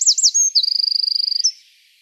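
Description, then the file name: Eurasian wren song: a few sweeping high notes, then a sustained rapid trill and a brief closing note before silence. "Troglodytes troglodytes"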